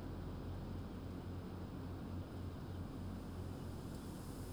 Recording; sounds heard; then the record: poultry house recording; no chicken sound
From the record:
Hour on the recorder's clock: 1